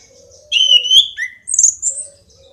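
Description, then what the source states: Orange-headed thrush song: a loud whistled phrase, a short lower note, then high squeaky twittering notes. Singing vigorously ('gacor').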